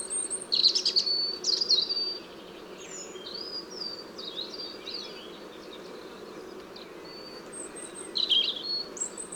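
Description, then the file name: European robin song, bright high warbled phrases at the start, quieter thin whistles in between, and another sparkling burst near the end over steady hiss. "Erithacus rubecula"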